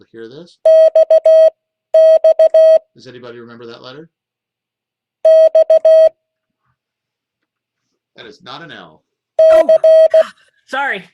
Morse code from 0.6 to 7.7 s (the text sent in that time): XX X